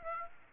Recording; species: mosquito wingbeat signal from an infrared sensor; Aedes aegypti